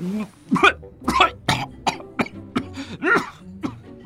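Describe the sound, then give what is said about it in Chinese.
A person coughs repeatedly in a choking fit after choking on a mouthful of food, about eight muffled, sharp bursts in quick succession with strained gasps between them, as if the mouth is covered. “结果把自己呛着了。他捂着嘴直咳嗽。”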